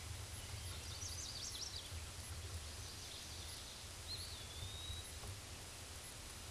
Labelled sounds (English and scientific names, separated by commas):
Eastern Wood-Pewee (Contopus virens) song